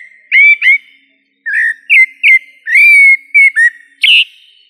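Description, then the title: Thrush singing a string of short, clear whistled phrases with quick upward and downward slurs, some notes ending in a brighter, higher flourish. "Familia Turdidae - Sabia"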